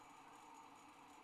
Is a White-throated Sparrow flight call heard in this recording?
no